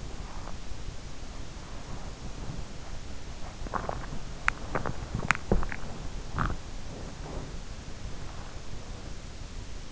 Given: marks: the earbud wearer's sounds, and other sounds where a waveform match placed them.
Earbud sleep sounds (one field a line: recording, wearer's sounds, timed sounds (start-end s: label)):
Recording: sounds in sleep by an in-ear microphone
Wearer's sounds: breath, teeth grinding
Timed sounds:
0.00-2.84 s: breath
3.53-7.77 s: teeth grinding